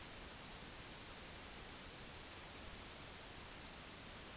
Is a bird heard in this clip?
no